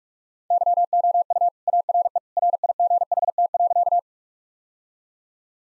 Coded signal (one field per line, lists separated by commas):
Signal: Morse code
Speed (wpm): 46 wpm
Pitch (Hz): 700 Hz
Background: none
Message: YOU ARE RIGHT.